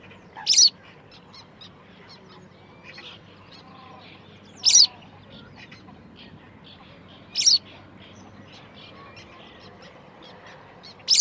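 White wagtail giving short, sharp, high calls a few seconds apart, four in all, over a soft steady background with faint chirps.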